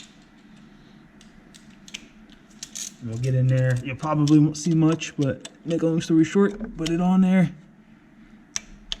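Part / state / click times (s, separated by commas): click-type torque wrench on a thermostat housing bolt in an aluminum engine housing / torque reached / 8.9 s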